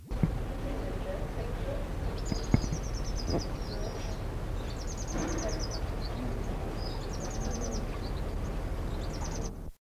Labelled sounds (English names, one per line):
Star Finch call